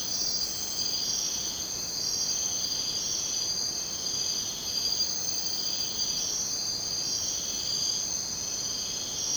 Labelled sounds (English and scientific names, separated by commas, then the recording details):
none
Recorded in dense forest near Puerto Asís, Putumayo, Colombia, on 22 June 2025 at 03:00
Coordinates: 0.484, -76.317
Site G045